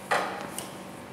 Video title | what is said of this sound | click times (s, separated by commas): Quick Connect Repair | okay it clicked once it clicks then pull on the line | 0.6 s